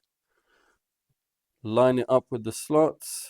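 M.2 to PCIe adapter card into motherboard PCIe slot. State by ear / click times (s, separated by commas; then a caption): not seated / none. A Sabrent M.2 NVMe to PCIe adapter card is held and lined up with a motherboard PCIe slot after the slot latch has been opened, before being pushed in. The first 1.6 seconds are nearly silent, then someone talks until the end. The card has not been pushed in yet, and nothing has seated or clicked.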